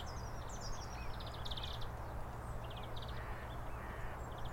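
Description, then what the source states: Greenfinch singing in quick staccato bursts of high trilled notes mixed with thin whistles, heard over a low continuous hum. Greenfinches singing in spring, played as an example; song described as staccato and wheezy; red-listed species of conservation concern after a dramatic population decline.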